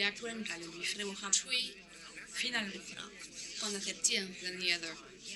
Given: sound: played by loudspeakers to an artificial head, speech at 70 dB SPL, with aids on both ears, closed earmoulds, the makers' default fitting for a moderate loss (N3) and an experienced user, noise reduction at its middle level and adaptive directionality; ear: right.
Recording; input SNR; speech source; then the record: speech test signal (ISTS) in cocktail-party noise; +6 dB; in front (0 degrees)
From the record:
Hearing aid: class 1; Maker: H